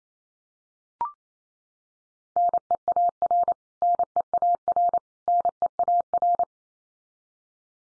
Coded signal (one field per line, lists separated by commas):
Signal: Morse code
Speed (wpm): 28 wpm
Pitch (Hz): 700 Hz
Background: none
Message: NEAR NEAR NEAR